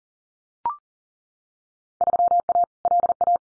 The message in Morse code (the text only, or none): 3A LA